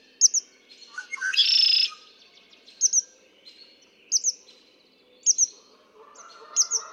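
Red-winged blackbird gives a single loud, raspy trill, with crisp double chirps repeating throughout.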